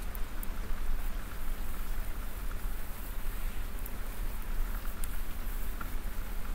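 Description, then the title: Domestic cat purr as an unbroken low throbbing hum, joined by light pattering rustles and a few soft clicks. Cat purring while snuggling; presented as ASMR. "ASMR Cat Snuggles REAL PURRING"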